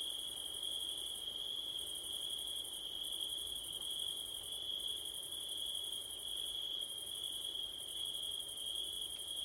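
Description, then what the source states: Crickets trill without pause at a high pitch, while a higher pulsing layer breaks off briefly a few times. Crickets recorded on a September night with wind, using a Blumlein stereo microphone pair.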